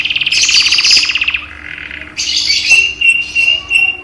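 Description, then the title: Canary song: quick pulsed trill sliding into a lower buzzy phrase, followed by short chirping notes. Cage canary; recording used as training therapy to increase a canary's singing volume. "terapi kenari AMPUH untuk TINGKATKAN VOLUME"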